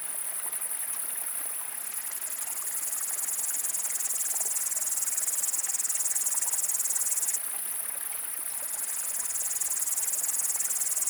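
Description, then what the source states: Upland green bush-cricket song as an unbroken shrill, rattling buzz, with a second lower-pitched buzzing layer switching on and off for a second or two at a time. Single foreground singer among surrounding great green bush-crickets beside a flowing stream; Le Villard, Val Maravel, Drôme, France, 1200 m; 20 August 2018, 19:00–19:30; windless, stormy cloudy sky, 20–22 °C; Nagra Seven, MKH40.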